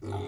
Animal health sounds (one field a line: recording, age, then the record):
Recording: pig call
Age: weaner (32 to 43 days)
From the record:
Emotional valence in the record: negative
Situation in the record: long isolation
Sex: female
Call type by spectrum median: low-frequency call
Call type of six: low-frequency stable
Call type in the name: low-frequency stable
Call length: 0.28 s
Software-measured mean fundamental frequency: 48 Hz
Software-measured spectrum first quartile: 114 Hz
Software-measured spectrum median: 307 Hz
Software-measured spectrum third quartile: 600 Hz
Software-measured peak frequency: 399 Hz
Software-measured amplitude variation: 98 dB a second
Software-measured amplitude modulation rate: 26.5 a second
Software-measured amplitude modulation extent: 3.7 dB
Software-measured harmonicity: -1.7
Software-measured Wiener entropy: -0.37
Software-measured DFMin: 606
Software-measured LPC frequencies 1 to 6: 2197, 3501, 6071, 6947, 7593, 9150 Hz